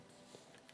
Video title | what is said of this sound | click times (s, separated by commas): COMMENT REPARER TA MANETTE PS5 QUI CLIGNOTE ORANGE ! 80E D’ECONOMIE ! | Voilà. Là, on entendu le petit clic là aussi. | 0.7 s